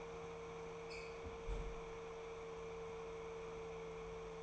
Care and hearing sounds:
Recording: daily activity, microphone in the room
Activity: close fridge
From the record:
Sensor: 1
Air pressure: 1015.0 hPa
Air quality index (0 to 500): 194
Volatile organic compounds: 22 ppm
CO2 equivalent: 2749 ppm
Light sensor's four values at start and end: 9/22/9/10 and 9/22/9/10

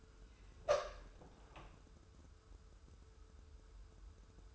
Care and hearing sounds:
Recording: daily activity, microphone in the room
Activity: open door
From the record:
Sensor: 2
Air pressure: 1015.0 hPa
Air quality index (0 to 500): 108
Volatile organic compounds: 3 ppm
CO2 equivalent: 1373 ppm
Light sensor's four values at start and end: 13/35/14/15 and 13/35/14/15

